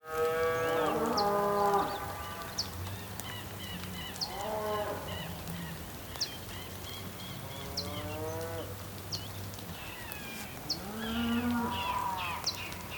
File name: felix blume ambience patagonian plain bulls birds rain